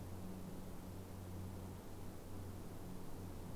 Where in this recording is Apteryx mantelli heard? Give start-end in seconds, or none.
none